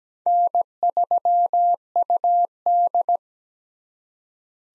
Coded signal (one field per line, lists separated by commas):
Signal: Morse code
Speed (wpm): 17 wpm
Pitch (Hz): 700 Hz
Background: none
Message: N3UD